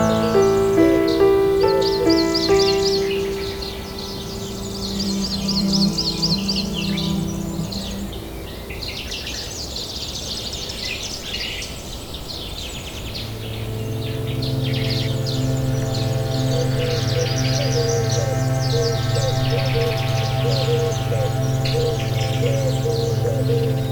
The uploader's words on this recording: Relaxing Nature Sounds with Piano.